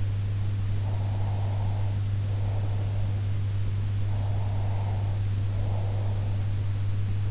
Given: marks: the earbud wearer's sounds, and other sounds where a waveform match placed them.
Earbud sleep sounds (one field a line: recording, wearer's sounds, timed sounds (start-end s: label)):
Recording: sounds in sleep by an in-ear microphone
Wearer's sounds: breath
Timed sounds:
0.79-3.25 s: breath
4.13-6.56 s: breath